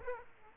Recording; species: mosquito wingbeat signal from an infrared sensor; Aedes aegypti